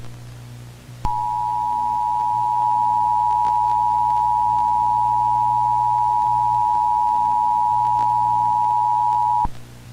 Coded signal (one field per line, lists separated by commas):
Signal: Emergency Alert System (SAME) tones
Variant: 853 and 960 Hz attention tone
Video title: Nuclear Apocalypse - WW3 EAS Scenario (REUPLOAD)